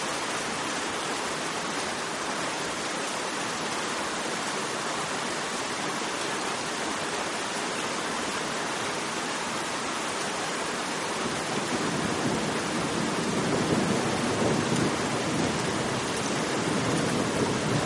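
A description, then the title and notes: Steady, gentle rain falls throughout, a dense, even hiss of countless fine drops with no distinct individual hits. Around the twelve-second mark the sound thickens and grows slightly louder, gaining a fuller, lower rushing quality like water splashing into water. Gentle Rainfall. The raindrops hitting the hot sand and cool water.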